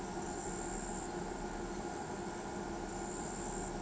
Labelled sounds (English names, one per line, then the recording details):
none
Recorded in pastures near Pivijay, Magdalena, Colombia, on 18 April 2023 at 00:00
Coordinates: 10.456, -74.369
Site P6-G026